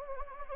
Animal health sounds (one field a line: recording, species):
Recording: mosquito wingbeat signal from an infrared sensor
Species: Anopheles gambiae